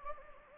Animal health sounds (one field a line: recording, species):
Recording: mosquito wingbeat signal from an infrared sensor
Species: Anopheles gambiae